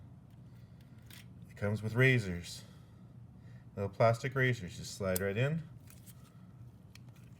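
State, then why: Not seated. A plastic razor blade is handled and slid toward the holder of a handheld razor scraper while someone talks. A few faint, short ticks of handling are heard between the speech. Nothing has seated or clicked yet.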